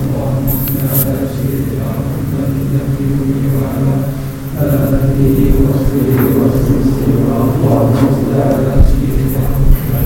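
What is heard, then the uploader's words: Life in a Moroccan town, with a steady low rumble of engines or traffic running throughout and murmuring voices mixed into it. The sound stays dense and fairly even, with brief brighter clicks and clatters scattered along, and a short dip just before the midpoint. Northern Morocco Impression. Field Recording.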